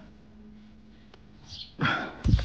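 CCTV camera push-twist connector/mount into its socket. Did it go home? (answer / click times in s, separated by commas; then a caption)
no / none. A CCTV camera push-and-twist connector or mount is being pushed and twisted one-handed into its socket, with soft handling noise, a brief faint tick at about 1.1 s, and louder rustling and bumps toward the end as someone talks. Nothing has seated or clicked yet.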